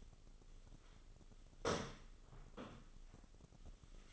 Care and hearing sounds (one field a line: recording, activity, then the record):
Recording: daily activity, microphone in the room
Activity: sweep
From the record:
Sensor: 4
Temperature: 26.8 degrees Celsius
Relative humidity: 28.1%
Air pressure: 996.7 hPa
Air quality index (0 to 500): 87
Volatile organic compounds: 4 ppm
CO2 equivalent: 1684 ppm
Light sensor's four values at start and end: 21/57/22/24 and 21/57/22/24